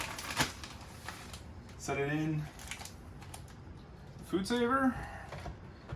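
A bagged roast is set into a countertop food vacuum sealer, with light handling taps and rustles around the machine while someone talks. The lid has not yet been pressed down, and nothing has clicked or latched by the end.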